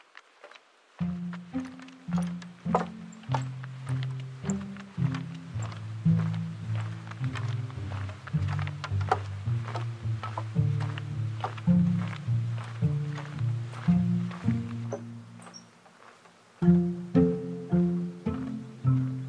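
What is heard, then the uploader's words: Low, rolling grunts from wetland animals overlap almost continuously in the swamp, repeating in uneven pulses with sharp ticks and clicks scattered above. The chorus starts after a second, drops out briefly near fifteen seconds, then returns strongly. The Corkscrew Swamp Sanctuary boardwalk leads visitors through a gentle and pristine wetland wilderness.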